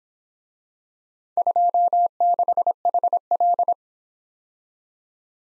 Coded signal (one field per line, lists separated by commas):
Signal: Morse code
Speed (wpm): 25 wpm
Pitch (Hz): 700 Hz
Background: none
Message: 26HL